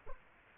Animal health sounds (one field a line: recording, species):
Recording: mosquito wingbeat signal from an infrared sensor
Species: Aedes aegypti